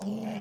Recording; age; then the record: pig call; piglet (1 to 25 days)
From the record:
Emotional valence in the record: negative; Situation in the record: short isolation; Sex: male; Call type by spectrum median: low-frequency call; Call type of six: low-frequency modulated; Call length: 0.41 s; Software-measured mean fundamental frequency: 53 Hz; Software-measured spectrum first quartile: 207 Hz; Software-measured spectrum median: 313 Hz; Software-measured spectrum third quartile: 861 Hz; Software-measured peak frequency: 208 Hz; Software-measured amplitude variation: 105 dB a second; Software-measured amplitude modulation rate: 25.9 a second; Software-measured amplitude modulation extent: 4.0 dB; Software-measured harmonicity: 7.5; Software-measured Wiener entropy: -0.93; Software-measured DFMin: 671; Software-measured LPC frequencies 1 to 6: 596, 2315, 2939, 4656, 5442, 6302 Hz